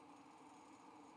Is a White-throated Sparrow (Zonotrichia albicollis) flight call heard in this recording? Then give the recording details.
no. No flight call is heard. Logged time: 01:32 on 5 December 2014